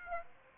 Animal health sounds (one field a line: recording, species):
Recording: mosquito wingbeat signal from an infrared sensor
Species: Aedes aegypti